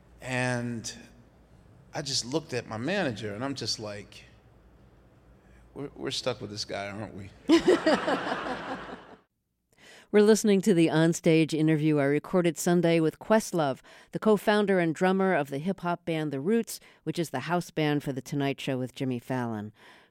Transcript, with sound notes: And I just looked at my manager and I'm just like, we're stuck with this guy, aren't we?
(LAUGHTER)
We're listening to the onstage interview I recorded Sunday with Questlove, the co-founder and drummer of the hip-hop band The Roots, which is the house band for "The Tonight Show" with Jimmy Fallon.